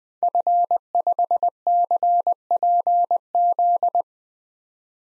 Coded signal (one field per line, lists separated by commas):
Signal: Morse code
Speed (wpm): 21 wpm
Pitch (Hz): 700 Hz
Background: none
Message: F5CPZ